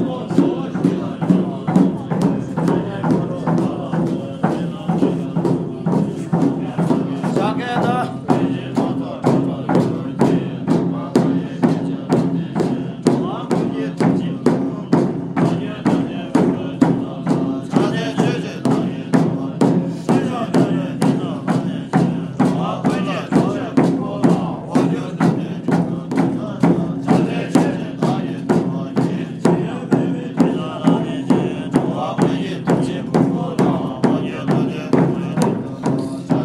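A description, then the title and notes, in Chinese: Ritual chanting at a temple boat-burning ceremony: voices recite in a low, steady drone while a sharp percussive knock, like a wooden block, strikes at a fast, even pace throughout. The sound is dense, holding the same rhythm for the whole stretch. 厦门厦港龙珠殿烧王船唱诵。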